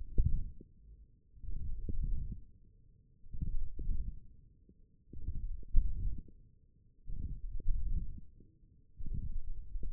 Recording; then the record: forearm muscle sounds (acoustic myography)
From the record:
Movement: hand closing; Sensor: system 1, eight BSWA MPA416 microphones around the upper forearm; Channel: 3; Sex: female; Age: 21 years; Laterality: right